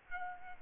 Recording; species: mosquito wingbeat signal from an infrared sensor; Aedes albopictus